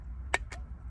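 A bulb socket is twisted counterclockwise and wiggled until it pops free of the plastic side marker housing during a smoked side marker/indicator install on an FK7 Civic. A sharp pop sounds at 0.35 s, followed by a softer broadband click around 0.5 s over a steady low rumble. The socket comes out, released from the housing.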